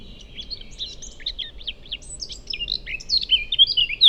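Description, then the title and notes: Eurasian blackcap song: a hurried, chattering warble of short varied notes climaxing in loud, pure whistled phrases at the close. Several birds recorded in passing in the heart of the Forêt de Chautagne, on a wide drivable track near roads, Serrières-en-Chautagne, France; Dodotronic stereo parabola (EM172), Zoom H4n pro. "Forêt de Chautagne - Serrières-en-Chautagne, France - Fauvette à tete noire. j'enregistre "au vol" ces fauvettes à tete noire. Merci à Marc Namblard pour les identifications"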